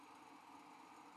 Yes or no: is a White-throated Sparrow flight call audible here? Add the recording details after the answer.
no. No flight call is heard. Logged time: 05:20 on 5 December 2014